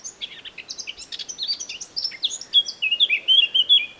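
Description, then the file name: Eurasian blackcap delivers a rapid, twittering scratchy warble that rises in volume and ends in a string of clear, mellow fluted whistles. "Sylvia atricapilla"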